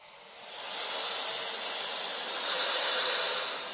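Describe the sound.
Snake hissing in a steady, breathy rush of high noise that swells in within the first second and holds, growing slightly stronger near the end.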